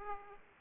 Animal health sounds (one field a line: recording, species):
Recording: mosquito wingbeat signal from an infrared sensor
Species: Aedes aegypti